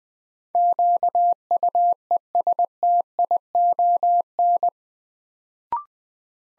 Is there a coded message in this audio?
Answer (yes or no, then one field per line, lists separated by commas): yes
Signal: Morse code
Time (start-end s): 0.6-4.7 s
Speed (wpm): 20 wpm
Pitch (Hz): 700 Hz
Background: none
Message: QUESTION